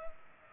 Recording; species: mosquito wingbeat signal from an infrared sensor; Culex pipiens